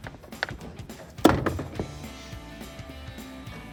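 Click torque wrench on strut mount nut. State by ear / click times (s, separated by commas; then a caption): torque reached / 1.3 s. A click-type torque wrench set to 75 ft-lb tightens the upper strut mount nut on a 2007-2018 Silverado truck's Freedom Offroad 3-inch front quick lift strut, with music playing underneath. Short sharp ticks sound near 0.4 s, then a loud click at 1.3 s that rings briefly as the wrench reaches torque. The nut is confirmed torqued.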